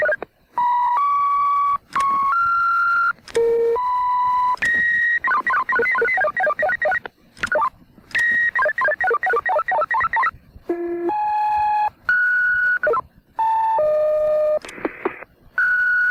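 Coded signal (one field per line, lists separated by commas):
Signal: two-tone page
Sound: sequences of steady beeping tones changing pitch, with warbling trill passages between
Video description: Modulated tone sequences from a vintage pager transmitter recorded in 1982 in the United States at St. Petersburg Beach, Florida.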